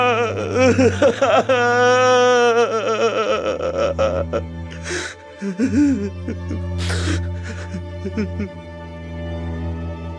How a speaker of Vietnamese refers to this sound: Tiếng khóc bật ra, nghẹn ngào không kìm được nữa. Anh khóc như một đứa trẻ, không còn chút gì để che giấu.